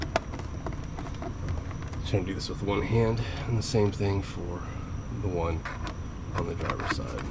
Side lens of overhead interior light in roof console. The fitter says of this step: and then the 2 side ones, and they should snap in.